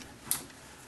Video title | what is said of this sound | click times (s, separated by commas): Swaging press adapter nut With lathe problems | it'll lock in there | 0.3 s